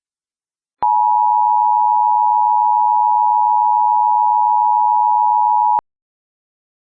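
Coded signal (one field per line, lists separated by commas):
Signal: Emergency Alert System (SAME) tones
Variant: 853 and 960 Hz attention tone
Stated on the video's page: Fictional EAS scenario, not a real alert.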